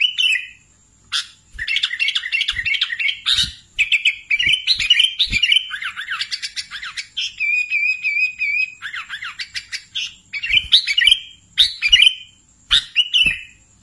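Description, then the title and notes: Sooty-headed bulbul song: bursts of rapid, warbling chirps and short slurred notes, broken by sharp clicks, over a steady thin high whine. "Kicau Burung Kutilang"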